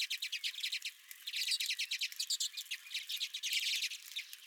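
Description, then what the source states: Redpolls in a continuous busy chatter of rapid, dry twittering notes. Several redpolls at the recordist's own feeder.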